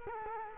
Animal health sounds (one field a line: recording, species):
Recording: mosquito wingbeat signal from an infrared sensor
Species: Culex quinquefasciatus